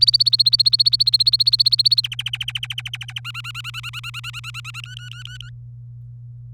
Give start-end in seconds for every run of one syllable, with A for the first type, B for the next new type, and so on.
0.00-2.01 A, 2.04-3.20 B, 3.25-4.81 C, 4.84-5.50 D